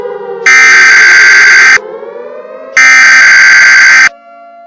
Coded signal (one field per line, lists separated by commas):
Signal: Emergency Alert System (SAME) tones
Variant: header bursts